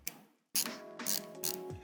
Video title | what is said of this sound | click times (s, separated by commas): Is the LTT Screwdriver Worth It?? SPOILER - I damaged it... | It's very, very, the feedback is, you can hear the clicks. You know when you're in the position. | 0.1 s, 1.1 s, 1.4 s